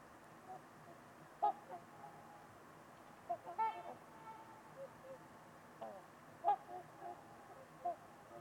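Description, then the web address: Trumpeter swans calling with spaced, horn-like honks, some single and some in short pairs, against a quiet still background. Trumpeter swans on a winter evening at Winters Lake in a deep, silent valley with distant white noise. "Trumpeter Swans on a Winter's Eve. Wind Is the Original Radio. Winters-Lake-with-Swan"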